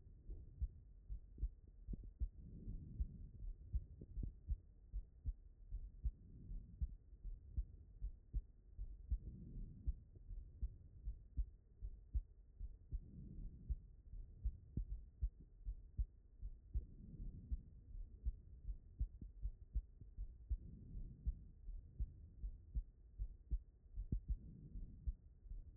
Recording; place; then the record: heart sounds by stethoscope; pulmonary valve (PV)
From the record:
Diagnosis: non-HFrEF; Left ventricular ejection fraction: 65%